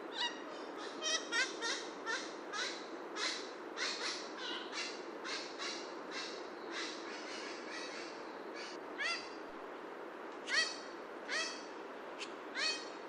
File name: horned parakeet